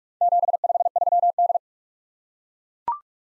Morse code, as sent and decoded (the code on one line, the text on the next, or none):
--... ..... ...-- -..
753D